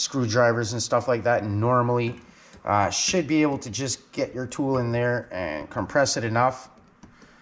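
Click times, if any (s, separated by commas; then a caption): none. Someone talks while handling a steel retaining clip ring (snap ring), compressing it with a tool to fit it into the groove of the wheel bearing bore in the front knuckle of a Polaris RZR. A faint, brief sound occurs near 7.0 s as the speech fades. The ring has not yet snapped into its groove; nothing has seated.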